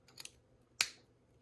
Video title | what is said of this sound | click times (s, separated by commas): Crush Gear Turbo - Garuda Phoenix White Ver. Unboxing and Build - 4K60 HDR10 | there we go so the other side was actually snapped into place which is good | 0.8 s